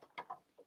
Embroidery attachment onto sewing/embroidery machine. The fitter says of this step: we go and you heard that it was a good firm hard clunk so